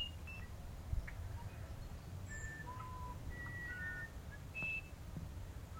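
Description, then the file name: Musician wren giving a few scattered flute-like whistles, each note a steady pitch, some high and some lower, over a low background rumble. "uirapuru"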